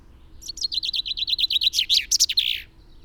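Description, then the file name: Common chaffinch song: a fast series of repeated notes ending in a brief flourish, all in under three seconds. "Fringilla coelebs"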